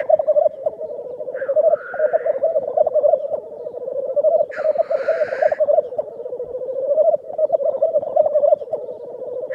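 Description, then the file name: Black grouse rumbling and bubbling without pause, with a soft wheeze early on and a louder, breathy hissing sneeze midway. "Digiffects Sound Effects Library - Black Grouse Bird"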